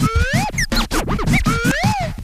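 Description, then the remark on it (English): A slide whistle swoops up and down in smooth, rising and falling glides, played loudly over a steady, pulsing low thump that keeps a regular rhythm underneath. “First one whistle, and then I play my slide whistle,”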